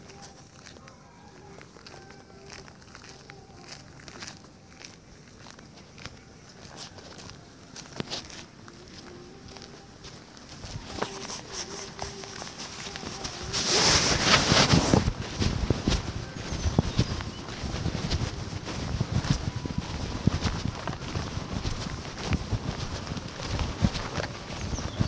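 Dawn at NIRD Hyderabad: faint bird calls over quiet air, then from midway louder crunching footsteps and rustling, with a sharp swell near fifteen seconds.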